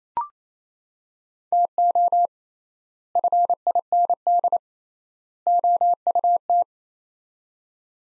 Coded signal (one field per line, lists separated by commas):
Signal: Morse code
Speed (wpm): 28 wpm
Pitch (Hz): 700 Hz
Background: none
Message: TO FIND OUT